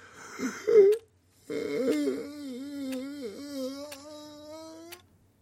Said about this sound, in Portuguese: Limpa a garganta, tossindo, como antes de um discurso.